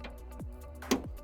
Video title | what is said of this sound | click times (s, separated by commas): How to Install Automatic Bonnet & Boot Struts – Easy DIY Upgrade! Honda Civic Mk8 + Fiat 500 | like so. It just clicks into place | 0.9 s